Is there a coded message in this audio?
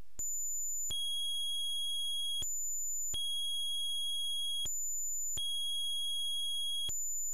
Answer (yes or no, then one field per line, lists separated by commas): no